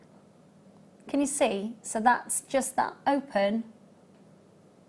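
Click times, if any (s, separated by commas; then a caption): none. A sterling silver locket is held open with its two halves apart, about to be closed so they interlock. Over a quiet background, a woman talks from about 1.1 to 3.6 seconds. Nothing has clicked or seated yet; the clip ends with the locket still open.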